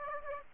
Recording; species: mosquito wingbeat signal from an infrared sensor; Aedes aegypti